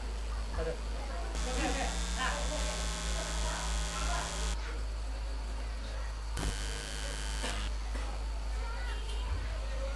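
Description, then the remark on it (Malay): An electric fan hums steadily, its low drone broken by two louder stretches of whirring, buzzy motor noise with a high whine, one long and one shorter. “Ini adalah kipas.”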